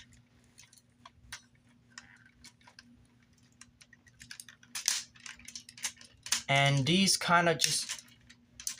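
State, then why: Not seated. Plastic panels on a Transformers Armada 2002–2003 Giga-Con (Leader Class) Tidal Wave robot toy are moved by hand toward their robot-mode detent positions on the body. Light plastic handling clicks and taps are heard while someone talks, but nothing has seated or clicked into place yet.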